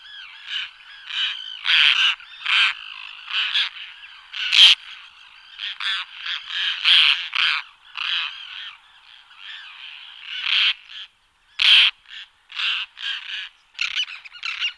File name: Canto da andorinha do mar rosea